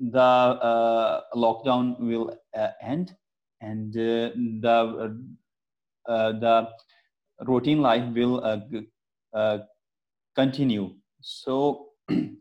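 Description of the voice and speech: An adult man speaks English in short bursts with stretched word-initial 'the', repeated 'the... the', drawn-out word endings and long silent gaps before 'routine' and 'continue'. These are stuttering (stammering) prolongations, repetitions and blocks, with fluent stretches in between, in a man who uses fluency techniques that let him speak fluently most of the time, but not always.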